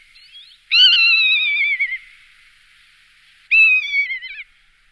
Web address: raptors species songs buteo lagopus